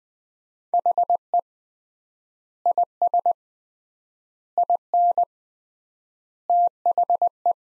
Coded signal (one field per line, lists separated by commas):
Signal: Morse code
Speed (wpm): 20 wpm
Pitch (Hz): 700 Hz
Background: none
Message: HE IS IN THE